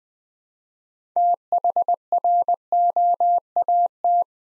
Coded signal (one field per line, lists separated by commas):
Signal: Morse code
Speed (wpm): 20 wpm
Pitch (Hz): 700 Hz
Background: none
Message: THROAT